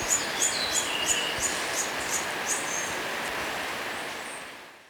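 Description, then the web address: Black-streaked puffbird giving a quick series of thin, very high notes, about three a second, fading out after roughly three seconds. Ecuador. "Natures Songs S America Birds of Ecuador. Black-Streaked Puffbird"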